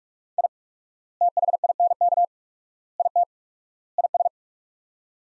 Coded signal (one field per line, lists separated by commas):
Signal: Morse code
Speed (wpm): 41 wpm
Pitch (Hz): 700 Hz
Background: none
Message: I THINK IT IS